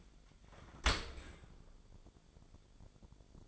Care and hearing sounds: daily activity, microphone in the room; open dishwasher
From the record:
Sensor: 5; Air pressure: 1006.8 hPa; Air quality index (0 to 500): 185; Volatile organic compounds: 5 ppm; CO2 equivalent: 1762 ppm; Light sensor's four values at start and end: 52/144/57/57 and 52/145/57/57

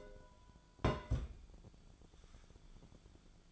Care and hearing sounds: daily activity, microphone in the room; place on stove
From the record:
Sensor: 5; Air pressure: 1010.0 hPa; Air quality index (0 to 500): 154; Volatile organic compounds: 3 ppm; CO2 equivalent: 1501 ppm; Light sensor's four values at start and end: 249/594/256/285 and 247/592/254/281

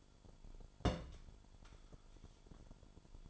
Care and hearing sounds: daily activity, microphone in the room; place on stove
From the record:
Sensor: 5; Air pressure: 1008.2 hPa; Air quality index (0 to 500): 126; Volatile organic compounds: 1 ppm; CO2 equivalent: 968 ppm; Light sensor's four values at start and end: 28/63/25/25 and 29/65/26/26

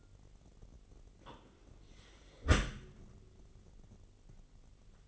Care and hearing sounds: daily activity, microphone in the room; close dishwasher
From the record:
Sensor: 4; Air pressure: 999.0 hPa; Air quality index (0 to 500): 125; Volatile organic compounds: 2 ppm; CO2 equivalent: 1229 ppm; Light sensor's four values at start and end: 7/16/6/7 and 7/17/6/7

